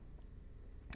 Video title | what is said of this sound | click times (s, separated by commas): 2021 Which Cricut YOU Should Buy This Year! Your Ultimate Comparison | just like so it'll snap into place and yes that is awesome | 0.9 s